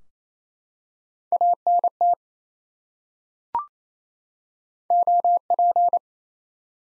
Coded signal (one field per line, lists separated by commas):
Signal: Morse code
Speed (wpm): 28 wpm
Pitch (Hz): 700 Hz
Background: none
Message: ANT OP